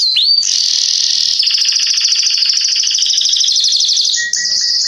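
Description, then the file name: Canary song: a long, loud trill of rapid high notes, changing pattern partway and ending in a steady held tone. "Canary Voice"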